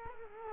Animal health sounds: mosquito wingbeat signal from an infrared sensor; Culex quinquefasciatus

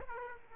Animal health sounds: mosquito wingbeat signal from an infrared sensor; Aedes aegypti

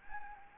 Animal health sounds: mosquito wingbeat signal from an infrared sensor; Anopheles arabiensis

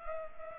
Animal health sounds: mosquito wingbeat signal from an infrared sensor; Culex pipiens

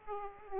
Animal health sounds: mosquito wingbeat signal from an infrared sensor; Aedes aegypti

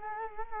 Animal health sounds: mosquito wingbeat signal from an infrared sensor; Culex quinquefasciatus

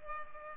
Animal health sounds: mosquito wingbeat signal from an infrared sensor; Culex pipiens

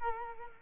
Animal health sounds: mosquito wingbeat signal from an infrared sensor; Culex quinquefasciatus

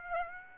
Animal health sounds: mosquito wingbeat signal from an infrared sensor; Aedes aegypti

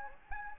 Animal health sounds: mosquito wingbeat signal from an infrared sensor; Anopheles gambiae

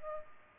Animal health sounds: mosquito wingbeat signal from an infrared sensor; Culex pipiens

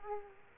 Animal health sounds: mosquito wingbeat signal from an infrared sensor; Aedes aegypti

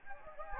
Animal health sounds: mosquito wingbeat signal from an infrared sensor; Anopheles gambiae

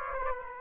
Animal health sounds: mosquito wingbeat signal from an infrared sensor; Aedes aegypti

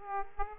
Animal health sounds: mosquito wingbeat signal from an infrared sensor; Aedes aegypti

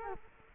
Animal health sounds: mosquito wingbeat signal from an infrared sensor; Culex quinquefasciatus

